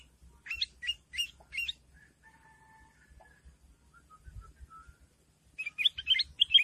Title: Suara Burung Kutilang